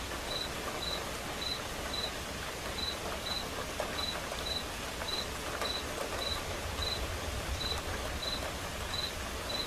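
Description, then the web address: Cricket gives short, high chirps in a fairly steady series against a background of gentle steady rain. Crickets chirping as accompaniment to a quiet rain. "som de chuva silenciosa com acompanhamento de grilos"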